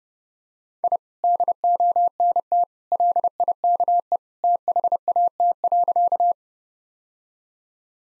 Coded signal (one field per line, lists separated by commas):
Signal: Morse code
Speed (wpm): 30 wpm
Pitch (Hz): 700 Hz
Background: none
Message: I DONT LIKE THAT.